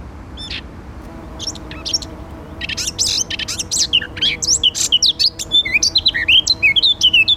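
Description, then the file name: Eurasian blackcap song, quiet scratchy notes at first, then a fast, rambling warble of chattering and whistled slurs that grows louder and denser toward the end. "Sylvia atricapilla"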